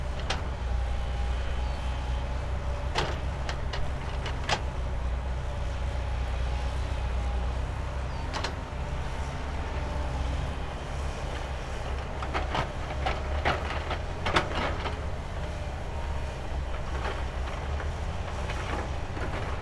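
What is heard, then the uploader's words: A construction zone with a steady, heavy low rumble of machinery running throughout. Sharp metallic knocks and clanks break through at irregular moments, grouped more thickly in the second half, over a constant mid-range whine. Construction Zone Observer.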